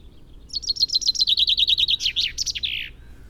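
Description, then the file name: Common chaffinch song: one complete phrase, a rapid run of repeated notes dropping in pitch and finishing with a rolling, emphatic flourish. "Fringilla coelebs"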